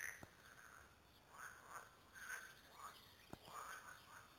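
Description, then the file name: Frog chorus of short, mellow croaking notes, several callers overlapping at an uneven pace, with a couple of sharp clicks. Several frogs, recorded at Lüssow. "luessow froesche"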